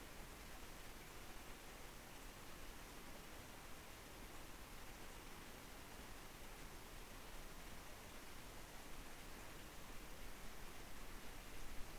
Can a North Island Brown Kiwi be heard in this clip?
no